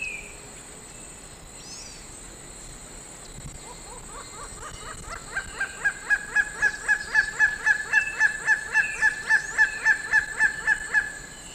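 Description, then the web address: Grey-headed Kite call series: after a quiet start, loud, clipped, even notes repeat rapidly, grow louder and then hold steady, over a soft insect hiss and faint bird notes. Calls recorded in the eastern lowlands of South America. "S America Eastern Lowlands Leptodon cayanensis, calls"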